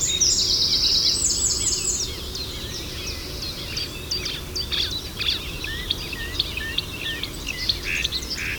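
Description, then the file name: Eurasian wren giving a high rattling trill at the start, followed by scattered chirps and whistled notes, over steady low background noise. "Zaunkoenig"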